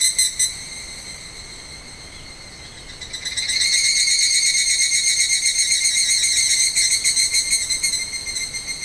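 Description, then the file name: Evening cicada song: a few loud pulses at the start, a quieter stretch, then from about three seconds a loud, steady, metallic trill with rapid regular pulses, easing toward the end. "Higurashi"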